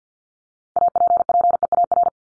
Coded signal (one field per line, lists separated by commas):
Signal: Morse code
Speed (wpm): 48 wpm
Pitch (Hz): 700 Hz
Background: none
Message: APPEAR